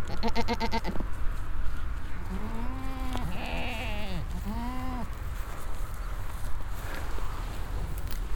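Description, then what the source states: Goat bleats, a few wavering calls rising and falling in pitch in the middle, with a short harsh buzzing sound at the start and steady low rumble throughout. Group of goats in a corral on a meadow beside a road, bleating and eating grass, with passing traffic in the distance; Roder.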